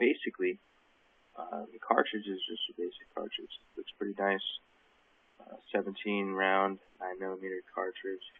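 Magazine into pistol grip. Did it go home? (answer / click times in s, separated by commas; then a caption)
no / none. A 17-round 9mm magazine for an M&P 9 pistol is handled while someone talks over it. The magazine is being brought to the pistol grip, but nothing has seated or clicked yet by the end of the clip.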